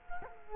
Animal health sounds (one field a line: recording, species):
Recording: mosquito wingbeat signal from an infrared sensor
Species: Culex quinquefasciatus